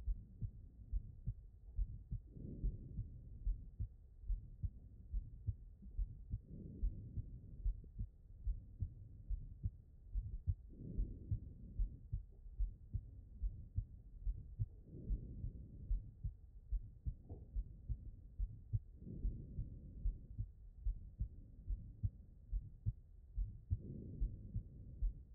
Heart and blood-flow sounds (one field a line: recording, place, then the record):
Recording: heart sounds by stethoscope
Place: aortic valve (AV)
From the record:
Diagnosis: non-HFrEF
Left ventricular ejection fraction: 56%